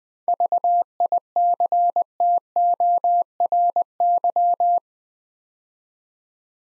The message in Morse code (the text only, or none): VICTORY